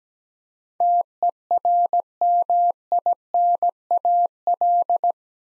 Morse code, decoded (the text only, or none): TERMINAL